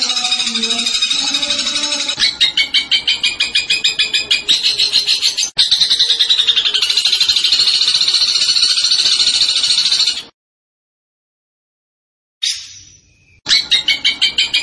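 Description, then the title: Zebra finch song, long fast high trills of rapidly repeated notes, briefly interrupted by a silent gap, then resuming with a short rattling burst. Tembakan bird singing vigorously (gacor); master recording for training cage birds. "Masteran Burung Tembakan Gacor"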